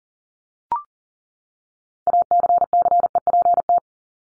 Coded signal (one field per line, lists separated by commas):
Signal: Morse code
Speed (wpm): 40 wpm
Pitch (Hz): 700 Hz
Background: none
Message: ACCEPT